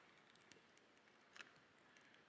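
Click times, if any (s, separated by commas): none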